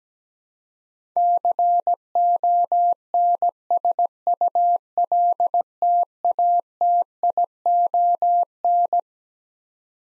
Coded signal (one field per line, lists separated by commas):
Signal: Morse code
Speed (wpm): 17 wpm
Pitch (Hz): 700 Hz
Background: none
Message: CONSULTATION